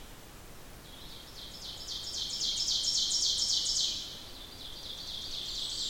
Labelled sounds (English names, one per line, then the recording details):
Ovenbird song
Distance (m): 25 m
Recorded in boreal forest in Alberta, Canada, on 14 June 2016 at 06:31
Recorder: SongMeter 3, array SBT-3-33
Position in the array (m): 125 m, 36 m
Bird 21